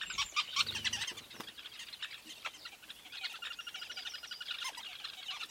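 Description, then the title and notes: Weavers calling, loud squealing chatter at the start, then a softer run of quick, repeated high chirps. Recorded at a large weaver nest in Etosha National Park, Namibia. "Secret Life Of A Weaver Nest. a large Weaver nest in Etosha NP, Namibia"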